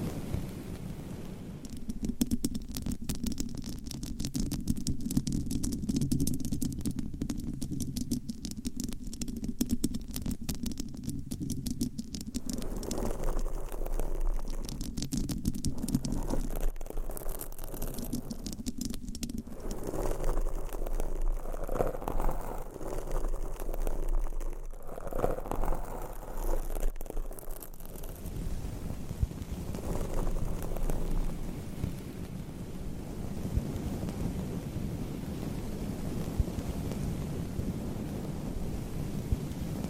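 Nails scratch and rub over microphone covers in a dense, unbroken stream. The first twelve seconds are rapid and crackly with a heavy low rumble, then the texture shifts to softer, fuller rubbing, changing again near 28 seconds to a thinner, steadier scratch.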